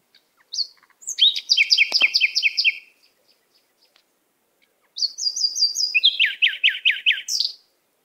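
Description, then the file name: Canary song: a long burst of fast, layered trilling notes crossed by a brief click, a pause, then another rolling trill ending in a rising note. "Canary Voice"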